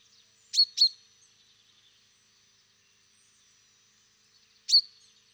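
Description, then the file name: Common chaffinch giving sharp, clipped single notes, two close together near the start and a third one some four seconds later. "Fringilla coelebs"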